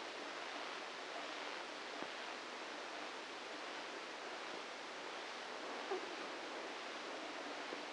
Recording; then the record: brain microelectrode recording played as sound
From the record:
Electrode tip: inside the subthalamic nucleus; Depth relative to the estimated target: 0 mm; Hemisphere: left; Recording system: NeuroSet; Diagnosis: Parkinson's disease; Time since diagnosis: 27 years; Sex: male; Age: 62 years